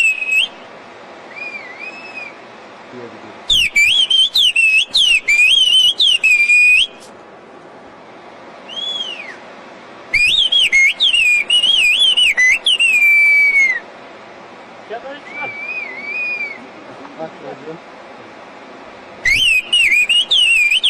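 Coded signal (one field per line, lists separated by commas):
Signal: whistled language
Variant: Kurdish whistled speech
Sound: rising and falling whistled phrases, like birdsong, in several bursts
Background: clicks or handling noise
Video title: Kuş dili konuşan Hakkari'li Kürtler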